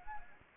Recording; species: mosquito wingbeat signal from an infrared sensor; Anopheles arabiensis